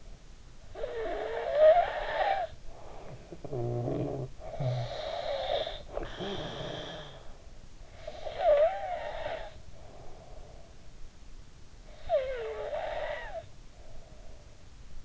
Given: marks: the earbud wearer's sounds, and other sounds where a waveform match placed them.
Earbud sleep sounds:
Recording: sounds in sleep by an in-ear microphone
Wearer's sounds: snoring breath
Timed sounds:
0.51-10.92 s: snoring breath
11.47-14.87 s: snoring breath

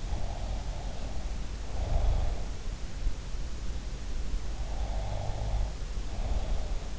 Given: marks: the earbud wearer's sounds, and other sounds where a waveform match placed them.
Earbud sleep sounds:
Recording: sounds in sleep by an in-ear microphone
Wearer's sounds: snoring breath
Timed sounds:
0.13-2.67 s: snoring breath
4.64-6.99 s: snoring breath

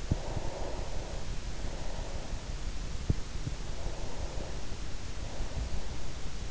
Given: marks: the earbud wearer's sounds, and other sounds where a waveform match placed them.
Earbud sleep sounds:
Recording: sounds in sleep by an in-ear microphone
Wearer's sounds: breath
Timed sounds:
0.06-2.53 s: breath
3.83-6.43 s: breath

